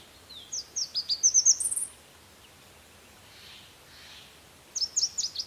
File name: Canto do mariquita vermelha